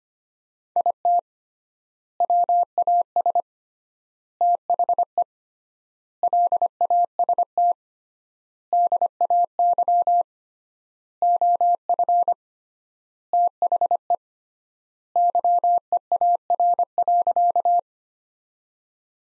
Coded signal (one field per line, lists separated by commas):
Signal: Morse code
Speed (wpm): 25 wpm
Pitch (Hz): 700 Hz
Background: none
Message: IT WAS THE LAST DAY OF THE YEAR.